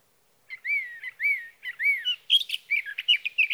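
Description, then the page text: Sage thrasher: slow, arched whistled notes at first, then a quick burst of scratchy, jumbled warbling. Male singing through the night near his night roost, evening of June 12 to morning of June 15, 2018, Sierra Valley, California; Swift recorder. "61. Sage thrasher songs, through the night. For three nights, from the evening of June 12 to the morning of June 15, 2018, in Sierra Valley, California, I placed a Swift recorder (see "Recording birdsong") near a male's night roost."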